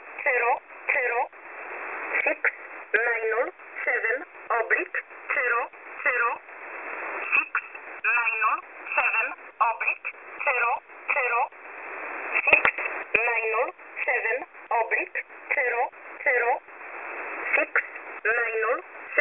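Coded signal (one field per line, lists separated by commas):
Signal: numbers station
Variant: E11 Oblique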